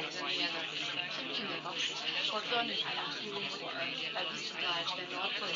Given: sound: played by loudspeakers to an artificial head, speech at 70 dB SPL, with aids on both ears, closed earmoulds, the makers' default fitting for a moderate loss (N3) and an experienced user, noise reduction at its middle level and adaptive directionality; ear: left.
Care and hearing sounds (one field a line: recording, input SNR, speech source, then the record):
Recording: speech test signal (ISTS) in cocktail-party noise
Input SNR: 0 dB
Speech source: on the right (90 degrees)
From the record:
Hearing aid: class 1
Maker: G